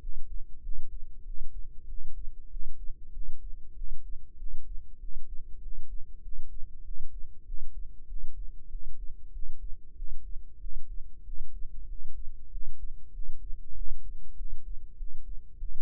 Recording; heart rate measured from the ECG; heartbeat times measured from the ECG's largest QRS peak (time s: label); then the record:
heart sounds by microphone in the left ear; 96 bpm
0.61 s: heartbeat
1.23 s: heartbeat
1.86 s: heartbeat
2.48 s: heartbeat
3.11 s: heartbeat
3.74 s: heartbeat
4.36 s: heartbeat
4.98 s: heartbeat
5.60 s: heartbeat
6.21 s: heartbeat
6.82 s: heartbeat
7.44 s: heartbeat
8.06 s: heartbeat
8.68 s: heartbeat
9.31 s: heartbeat
9.94 s: heartbeat
10.58 s: heartbeat
11.23 s: heartbeat
11.87 s: heartbeat
12.49 s: heartbeat
13.11 s: heartbeat
13.73 s: heartbeat
14.35 s: heartbeat
14.96 s: heartbeat
15.57 s: heartbeat
From the record:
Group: healthy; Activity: rest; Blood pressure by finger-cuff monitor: 100/69 mmHg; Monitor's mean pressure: 79 mmHg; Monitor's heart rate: 96 bpm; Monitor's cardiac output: 7.6 L/min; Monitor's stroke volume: 79 mL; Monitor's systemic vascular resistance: 750 dyn s/cm5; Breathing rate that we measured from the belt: 18 breaths a minute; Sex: male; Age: 19 years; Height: 178 cm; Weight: 83 kg